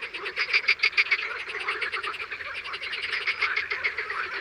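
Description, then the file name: Frogs and toads croaking together, fast pulsed calls repeating several times a second in overlapping rows, with a thin higher whistle early on. Recorded in the morning. "BATRACIENS AU MATIN"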